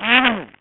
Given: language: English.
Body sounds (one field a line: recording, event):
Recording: throat vibration sensor signal played as sound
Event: throat clearing